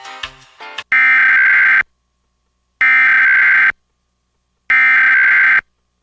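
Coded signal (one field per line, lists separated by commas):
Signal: Emergency Alert System (SAME) tones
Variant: header bursts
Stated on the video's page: Simulated EAS reenactment mock with valid SAME tones, based on a real flash flood warning for a dam failure.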